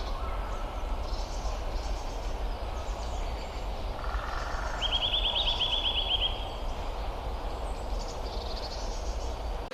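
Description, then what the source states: Eurasian Nuthatch, a quick rattling series of high notes heard once midway, set against steady low-pitched rumble. Calling in a seaside park, around midday.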